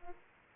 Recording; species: mosquito wingbeat signal from an infrared sensor; Aedes aegypti